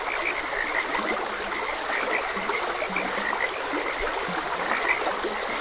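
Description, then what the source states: Several frogs give brief, repeated croaks at low and higher pitches while a stream flows steadily underneath. Frogs croaking beside a gentle stream.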